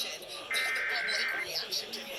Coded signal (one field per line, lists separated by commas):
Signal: Emergency Alert System (SAME) tones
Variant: header bursts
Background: speech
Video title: EAS 3236-3242 PA RMT (See Description for the following stations)